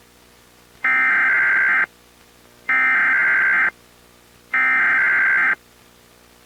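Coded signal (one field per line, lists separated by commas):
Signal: Emergency Alert System (SAME) tones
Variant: header bursts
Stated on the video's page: Mock EAS alert about a creature escaping a zoo.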